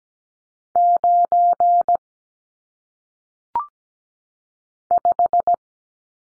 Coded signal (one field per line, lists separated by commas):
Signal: Morse code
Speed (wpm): 17 wpm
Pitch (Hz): 700 Hz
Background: none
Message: 9 5